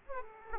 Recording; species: mosquito wingbeat signal from an infrared sensor; Aedes aegypti